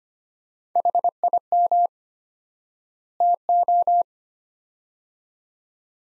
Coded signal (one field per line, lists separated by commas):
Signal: Morse code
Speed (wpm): 25 wpm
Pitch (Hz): 700 Hz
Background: none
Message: HIM TO